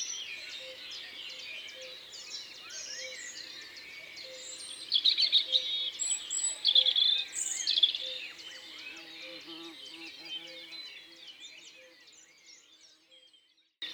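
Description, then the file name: European robin song, a long run of high, thin, tumbling trills and twitters that grows louder midway, then fades, with a steady low hum beneath. Part of a natural concert recorded in Isère, France. "Rougegorge-familier-Concerts-naturels-de-l Isère-Studio-Les-Trois-Becs"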